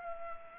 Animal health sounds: mosquito wingbeat signal from an infrared sensor; Culex pipiens

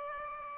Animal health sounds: mosquito wingbeat signal from an infrared sensor; Aedes aegypti

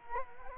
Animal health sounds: mosquito wingbeat signal from an infrared sensor; Culex quinquefasciatus

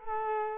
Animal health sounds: mosquito wingbeat signal from an infrared sensor; Culex quinquefasciatus

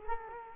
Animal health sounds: mosquito wingbeat signal from an infrared sensor; Culex quinquefasciatus

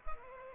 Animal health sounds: mosquito wingbeat signal from an infrared sensor; Culex pipiens

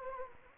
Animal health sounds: mosquito wingbeat signal from an infrared sensor; Anopheles arabiensis

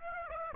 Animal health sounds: mosquito wingbeat signal from an infrared sensor; Aedes aegypti

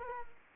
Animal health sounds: mosquito wingbeat signal from an infrared sensor; Culex quinquefasciatus

